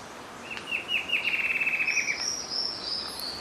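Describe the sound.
Bird calling with a fast, even trill of high, chirping notes that runs for over a second, overlapped by a thin, higher whistled trill; soft hiss behind.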